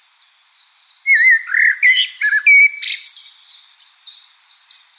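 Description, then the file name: Common blackbird singing one loud mellow warbled phrase that breaks into a bright, squeaky twitter, while thin high notes repeat evenly in the background. "Turdus merula"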